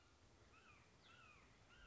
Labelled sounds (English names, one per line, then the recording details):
Red-shouldered Hawk
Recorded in Sonoma County, California